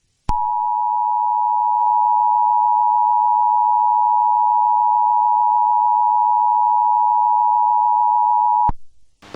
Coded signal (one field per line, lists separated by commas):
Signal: Emergency Alert System (SAME) tones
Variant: 853 and 960 Hz attention tone